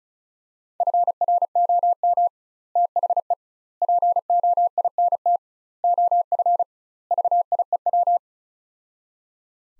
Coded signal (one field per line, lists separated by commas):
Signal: Morse code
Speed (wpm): 36 wpm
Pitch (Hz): 700 Hz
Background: none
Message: FROM THE POINT OF VIEW